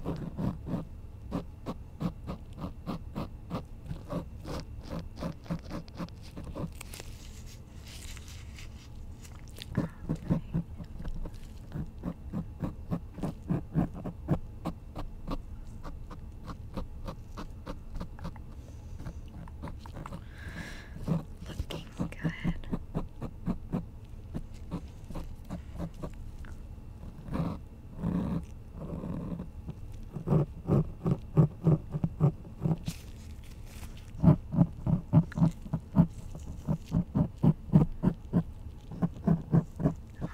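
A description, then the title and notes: Deep ear cleaning, heard as a dense run of rapid, crackly clicks and soft scraping taps that continue without pause, weighted toward low, muffled tones. Brighter rustling swells come around twenty and twenty-eight seconds, and sharper, louder pops stand out after thirty seconds. Deep Ear Cleaning (Doctor Roleplay).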